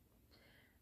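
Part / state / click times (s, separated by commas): battery pack on smart display base / not seated / none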